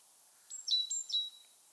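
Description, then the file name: Great tit call: a single quick phrase of about four thin, high notes, each sliding down to a lower pitch. "Parus major"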